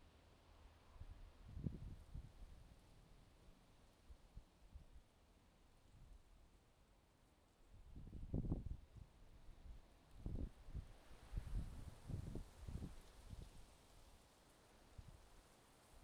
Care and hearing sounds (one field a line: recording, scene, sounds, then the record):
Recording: everyday scene through a hearing-aid microphone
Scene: wind on the microphone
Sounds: wind, traffic, birds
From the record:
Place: suburban garden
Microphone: in the ear canal, left